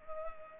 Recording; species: mosquito wingbeat signal from an infrared sensor; Culex pipiens